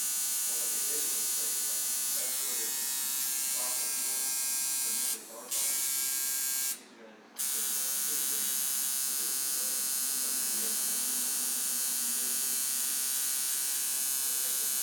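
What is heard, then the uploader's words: A tattoo machine buzzes steadily under soft talking, cutting out briefly around five seconds and again near seven before resuming. A Day at the Tattoo Parlor.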